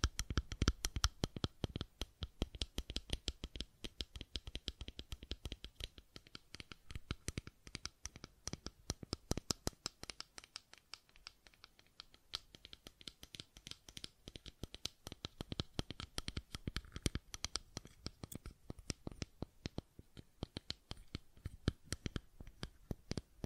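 A fidget cube is tapped and clicked in a constant stream of sharp, crisp clicks, many per second and unevenly spaced. Louder snaps stand out every so often among softer scratchy ticks. Around the ten to twelve second mark the clicking thins briefly, then picks back up.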